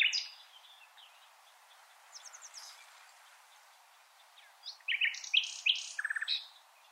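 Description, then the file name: Common nightingale song: quiet, scattered high notes at first, then a louder burst of varied chirps and a short run of rapid repeated notes near the end. "Luscinia megarhynchos"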